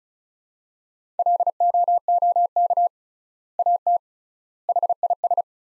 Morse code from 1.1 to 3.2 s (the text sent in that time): LOOK